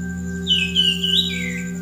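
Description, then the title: Bird giving a single short warbled phrase, sliding up and down, over a steady low hum. Chirping bird song. "SuaraBurung Kicau"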